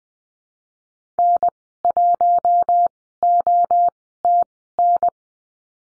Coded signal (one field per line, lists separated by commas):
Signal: Morse code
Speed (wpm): 20 wpm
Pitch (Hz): 700 Hz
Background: none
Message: N1OTN